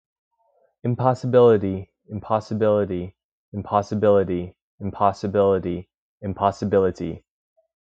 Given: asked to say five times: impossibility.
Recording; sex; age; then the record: repeated word; male; 20 to 29 years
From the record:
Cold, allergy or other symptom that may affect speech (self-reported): no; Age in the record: 27 years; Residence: Virginia, United States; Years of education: 16